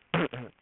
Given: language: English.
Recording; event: throat vibration sensor signal played as sound; throat clearing